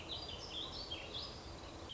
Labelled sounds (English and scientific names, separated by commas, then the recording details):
Warbling Vireo (Vireo gilvus)
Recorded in Sonoma County, California